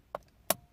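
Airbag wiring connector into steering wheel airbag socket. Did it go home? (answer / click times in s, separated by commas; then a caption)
yes / 0.5 s. The first airbag wiring connector is pushed home into its matching airbag socket on the steering wheel. Short, sharp clicks sound at about 0.1 s and 0.8 s, and the loudest, brightest click comes at 0.5 s as the connector seats.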